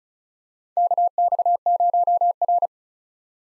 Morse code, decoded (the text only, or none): KX0R